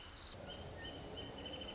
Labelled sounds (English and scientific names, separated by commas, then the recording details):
Wrentit (Chamaea fasciata)
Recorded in Sonoma County, California